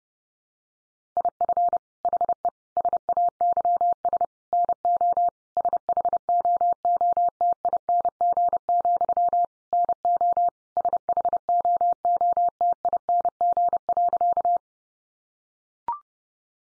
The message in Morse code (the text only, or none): IF HE SAYS NO SHOOTING, NO SHOOTING.